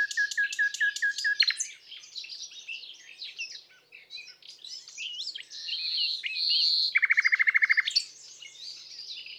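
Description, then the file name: Common nightingale song opening with a row of repeated mid-pitched notes, then tumbling varied phrases and a steady whistle, followed by a fast throbbing pulsed series. "Rossignol philomele"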